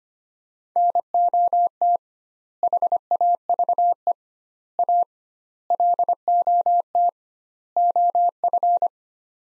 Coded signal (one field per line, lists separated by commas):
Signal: Morse code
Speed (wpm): 25 wpm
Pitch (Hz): 700 Hz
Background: none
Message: NOT HAVE A LOT OF